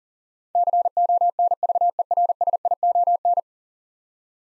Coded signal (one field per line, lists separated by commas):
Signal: Morse code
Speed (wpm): 40 wpm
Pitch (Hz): 700 Hz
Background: none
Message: CONVERSION